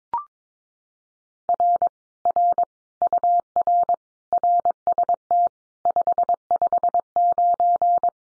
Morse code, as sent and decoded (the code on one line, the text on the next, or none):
.-. / .-. / ..- .-. / .-. ... - / ..... ..... ----.
R R UR RST 559